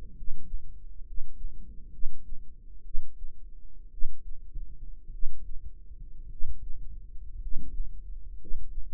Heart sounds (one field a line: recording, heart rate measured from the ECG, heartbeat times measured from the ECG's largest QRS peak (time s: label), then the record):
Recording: heart sounds by microphone in the right ear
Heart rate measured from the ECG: 58 bpm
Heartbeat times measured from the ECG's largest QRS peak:
0.11 s: heartbeat
1.01 s: heartbeat
1.88 s: heartbeat
2.81 s: heartbeat
3.88 s: heartbeat
5.08 s: heartbeat
6.26 s: heartbeat
7.36 s: heartbeat
8.34 s: heartbeat
From the record:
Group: healthy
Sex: male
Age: 25 years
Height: 170 cm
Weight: 70.4 kg